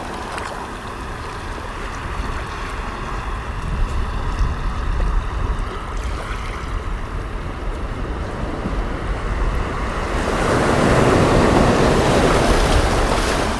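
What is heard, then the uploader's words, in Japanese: Waves at the seashore wash in a steady, dense rumble with a low roar underneath and faint hiss above. Around ten seconds a wave breaks and the sound swells into a louder, brighter rush of churning water that holds to the end. 海のおすそわけ/波音。海辺の音をおすそわけ。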